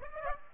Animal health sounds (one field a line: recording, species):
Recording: mosquito wingbeat signal from an infrared sensor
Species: Aedes aegypti